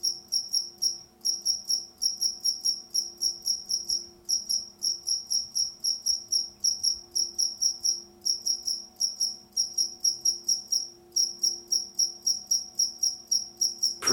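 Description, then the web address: Cricket chirping, a long run of many high, shrill pulsed chirps with brief gaps, over a faint low hum. A single cricket. "the-sound-pack-tree -single cricket chirp"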